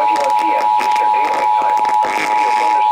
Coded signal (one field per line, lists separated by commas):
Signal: Emergency Alert System (SAME) tones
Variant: 853 and 960 Hz attention tone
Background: speech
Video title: 5... EAS Alerts from 5/16/22 (EAS #6,969 - 6,973)